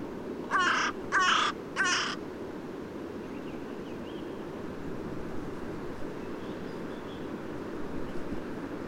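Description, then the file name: Carrion crow giving three quick harsh caws at the start, followed by several seconds of background noise. "Corvus corone"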